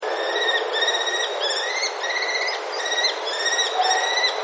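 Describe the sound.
Common kestrel giving longer, whining, slightly rising notes in steady succession, each under half a second, against a continuous hiss.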